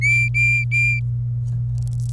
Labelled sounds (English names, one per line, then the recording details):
Domestic Canary song
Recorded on 27 April 2018 at 09:11
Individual llb3